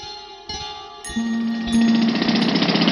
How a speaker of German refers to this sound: Seit etwa 1 Uhr heute Nacht rattern die Presslufthorer und bohren einen Graben quer durch die Ebertstraße hier am Brandenburger Tor. Der Graben ist etwa 1,5 Meter tief und 1,5 Meter breit.